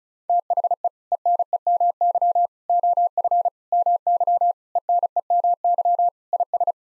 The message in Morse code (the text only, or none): THE ENEMY OF MY ENEMY IS